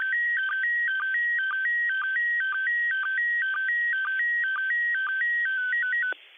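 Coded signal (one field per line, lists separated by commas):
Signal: SSTV (slow-scan television)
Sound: warbling tone jumping between two pitches, with short low blips about twice per second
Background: radio hiss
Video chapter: 04:41 두 번째 이미지 수신 / 06:47 두 번째 이미지 수신 완료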